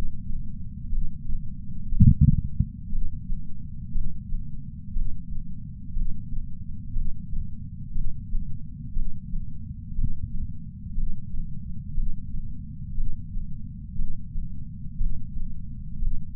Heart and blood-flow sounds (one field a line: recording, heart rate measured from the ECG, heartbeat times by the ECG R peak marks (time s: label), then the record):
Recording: heart sounds by patch sensor on the chest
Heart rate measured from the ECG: 60 bpm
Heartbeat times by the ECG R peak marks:
0.89 s: heartbeat
1.95 s: heartbeat
2.89 s: heartbeat
3.92 s: heartbeat
4.92 s: heartbeat
5.93 s: heartbeat
7.03 s: heartbeat
7.92 s: heartbeat
8.93 s: heartbeat
9.97 s: heartbeat
10.94 s: heartbeat
12.04 s: heartbeat
12.94 s: heartbeat
13.97 s: heartbeat
14.99 s: heartbeat
15.98 s: heartbeat
From the record:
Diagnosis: coronary artery disease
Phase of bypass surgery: preoperative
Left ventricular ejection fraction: 61.7%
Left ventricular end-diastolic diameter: 51 mm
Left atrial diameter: 34 mm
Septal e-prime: 7.2 cm/s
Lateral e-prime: 9.6 cm/s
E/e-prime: 6.5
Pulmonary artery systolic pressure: 19 mmHg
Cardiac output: 4.98 L/min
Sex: male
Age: 62 years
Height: 172 cm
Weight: 60 kg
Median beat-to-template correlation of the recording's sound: 0.89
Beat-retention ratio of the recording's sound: 1.00